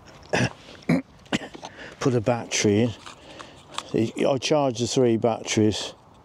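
A charged intelligent flight battery is handled at the rear battery bay of a small camera drone while someone talks, with a few short plastic taps and knocks between the words. Nothing has seated or clicked in yet.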